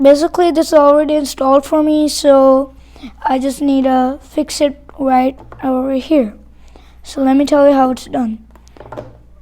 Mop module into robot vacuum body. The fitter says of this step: We just slide it back way and you hear a click.